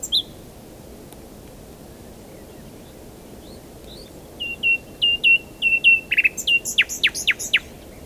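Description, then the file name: Common nightingale song: a long quiet start, then a row of even piping whistles, then a quick sharp stuttering rattle, over low steady hiss. "Luscinia megarhynchos"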